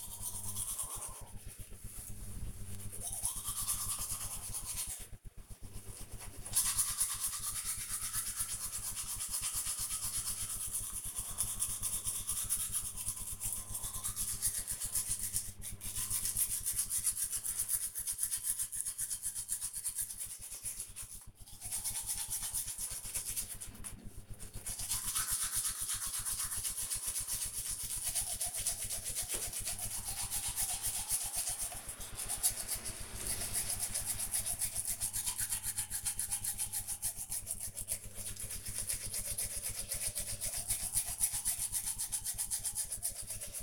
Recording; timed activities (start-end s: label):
household activities, microphone on the right wrist
0.00-43.63 s: brushing teeth